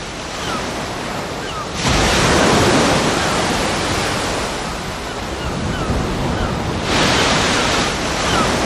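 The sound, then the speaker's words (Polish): Ocean waves wash in a continuous hissing roar, with two louder surges of breaking surf swelling up a few seconds apart. No voices are heard. “W związku z tym proponuję, byśmy wzięli falę oceanu.”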